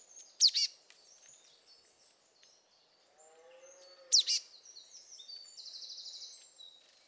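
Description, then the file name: Marsh tit calling: a loud explosive doubled note twice, about four seconds apart, amid soft high twittering and a low buzzy sound in the middle. "Poecile palustris"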